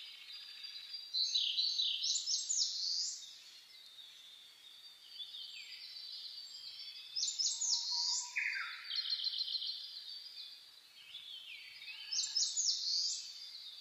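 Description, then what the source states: Birds in a dawn chorus, a strong twittering phrase repeated a few times, plus quieter trills and a low short whistle. Dawn chorus (reimei) recorded 10 May 2010.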